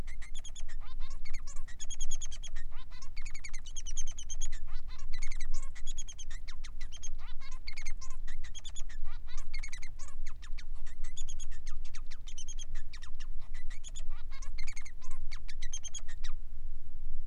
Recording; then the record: song of a male Bengalese finch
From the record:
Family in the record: son of father 3